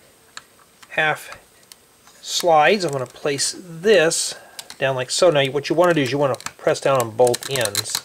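Someone talks while placing a plastic LEGO half slide piece onto a pillar base for a yellow playground slide, with brief handling ticks at about 0.4, 0.8 and 1.7 seconds. The piece is about to be pressed down on both ends, but nothing has seated or clicked yet.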